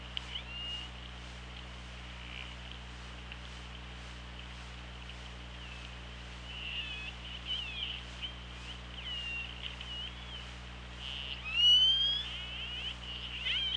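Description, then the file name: Killer whale sounds: rapid clicking and faint squeaky calls through the middle, then a louder harmonic call rising near the end, over constant underwater hiss and hum. Recorded on the Orca Lab hydrophone, 24 August 2017 at 16:09. "Orca Lab UTLN JASON 20170824 160950"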